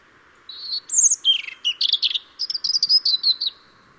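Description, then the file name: European robin song in one sustained three-second phrase of high, sweet, rapidly changing whistles and trills, with a low constant background hiss. "Erithacus rubecula"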